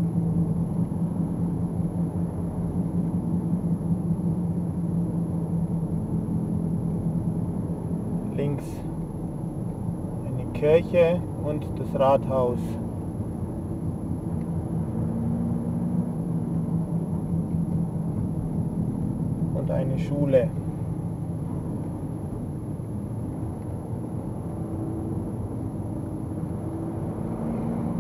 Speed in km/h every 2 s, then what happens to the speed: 38, 38, 36, 34, 33, 34, 33, 36, 35, 32, 31, 32, 32, 36.
0-28 steady at about 34.